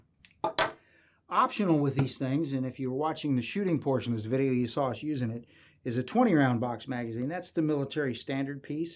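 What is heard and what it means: A paddle-type magazine release on a Springfield Armory M1A semi-automatic rifle is pushed, and the steel 20-round box magazine is pulled out of the magazine well single-handed, giving a sharp metallic clack at 0.4 s. The magazine is released and out. Someone then talks for the rest of the clip.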